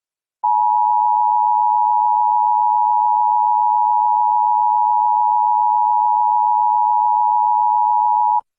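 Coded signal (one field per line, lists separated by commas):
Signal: Emergency Alert System (SAME) tones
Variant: 853 and 960 Hz attention tone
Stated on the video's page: EAS Severe Thunderstorm Warning template, not a real alert.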